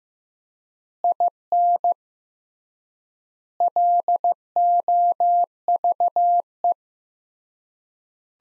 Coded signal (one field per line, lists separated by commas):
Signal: Morse code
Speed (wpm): 15 wpm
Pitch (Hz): 700 Hz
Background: none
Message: IN LOVE